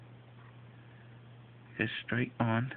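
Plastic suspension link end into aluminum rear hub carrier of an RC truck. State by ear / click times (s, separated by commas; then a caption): not seated / none. A plastic suspension link end on a Traxxas Slash Ford F-150 Raptor SVT RC truck is lined up over the aluminum rear hub carrier before being pushed straight on, with a steady low hum in the background. Someone talks near the end of the clip. Nothing has seated or clicked yet.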